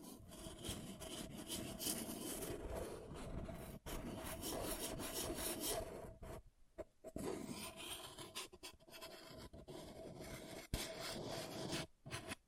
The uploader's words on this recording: ASMR Brain Melting Object Scratching (No Talking).